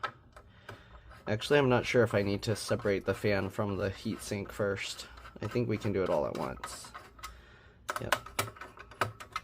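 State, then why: Released. Spring-loaded captive screws holding the CPU heatsink and fan onto a Dell OptiPlex 3050 desktop motherboard are being unscrewed. Someone talks first, then faint ticks are followed by louder sharp clicks at 9.0 and 9.4 seconds. The clicks show that each screw is fully backed out and released.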